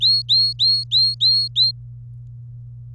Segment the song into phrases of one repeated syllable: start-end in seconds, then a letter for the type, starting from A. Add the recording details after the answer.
0.01-1.72 A. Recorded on 24 April 2018 at 12:56. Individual llb3